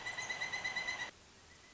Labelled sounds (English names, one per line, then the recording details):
Pileated Woodpecker
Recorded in Sonoma County, California